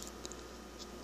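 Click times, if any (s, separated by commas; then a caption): none. The plastic cover of a small battery-powered LED interior light for a Jeep Wrangler is handled against its housing, giving a few faint, light plastic ticks near the start and a soft tick around 0.8 s over a steady low hum. The cover has not yet snapped shut; nothing has seated or clicked.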